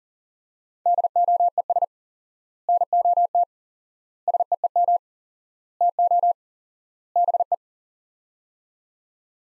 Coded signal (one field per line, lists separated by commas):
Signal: Morse code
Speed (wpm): 40 wpm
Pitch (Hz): 700 Hz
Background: none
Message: DOES NOT SEEM TO BE